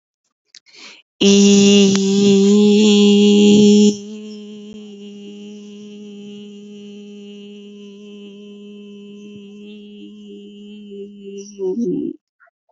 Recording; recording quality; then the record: sustained vowel as in beet; excellent, no background noise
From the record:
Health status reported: healthy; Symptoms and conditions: none ticked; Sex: female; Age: 28 years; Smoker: not ticked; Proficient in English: yes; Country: India